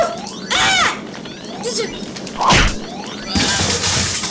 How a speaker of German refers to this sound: Das Bücherregal, worüber Mathilde immer gestolpert ist, ist umgefallen und verbrannt.